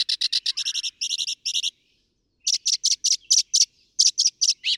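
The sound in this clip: Northern mockingbird song: rapid repeated buzzy chattering notes in quick bursts, a brief silent pause, then another series of sharp repeated notes.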